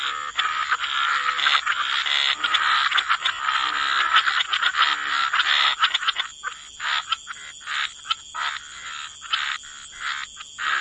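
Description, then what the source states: Frog chorus, a dense mass of rapid pulsed croaks and trills overlapping continuously, thinning out in the second half into separate bursts. Frog chorus mixed with white noise.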